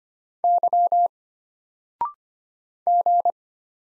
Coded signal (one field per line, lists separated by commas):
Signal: Morse code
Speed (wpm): 25 wpm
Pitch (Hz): 700 Hz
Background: none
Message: Y G